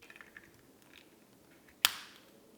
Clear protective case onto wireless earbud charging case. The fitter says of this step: You can feel it click into place.